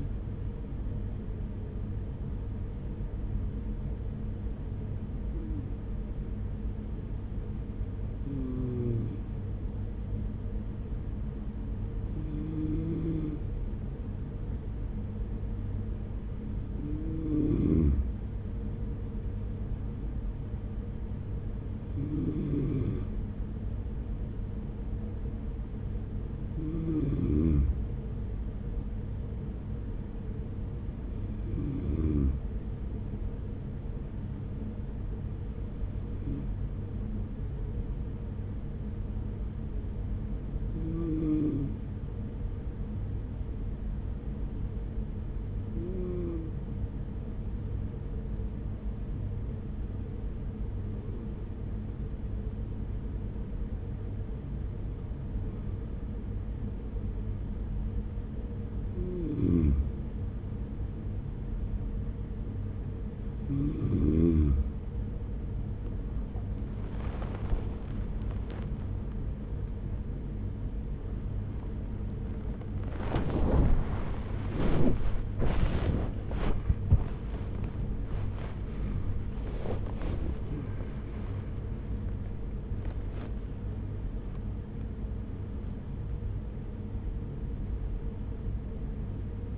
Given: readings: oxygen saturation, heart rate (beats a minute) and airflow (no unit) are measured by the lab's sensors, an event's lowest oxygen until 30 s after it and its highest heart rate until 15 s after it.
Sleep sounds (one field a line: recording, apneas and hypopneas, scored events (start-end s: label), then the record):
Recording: breathing in sleep by a smartphone at the bedside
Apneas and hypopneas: 1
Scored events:
42.00-62.90 s: hypopnea (N2, oxygen 95% highest, then 92% lowest, heart rate 42 at the start, 66 highest)
68.00-89.58 s: new sleep stage, awake
74.00-89.58 s: awake
From the record:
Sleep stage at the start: N2 (light sleep)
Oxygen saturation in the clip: 92 to 97%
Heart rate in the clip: 42 to 83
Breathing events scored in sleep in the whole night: 210 in 6.9 hours asleep